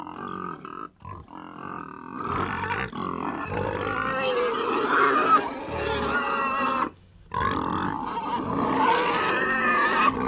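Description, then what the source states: Pigs grunting and squealing together, rough noisy snorts mixed with wavering squeals, a brief pause around the seventh second before the chorus resumes. Multiple pigs snorting and squealing.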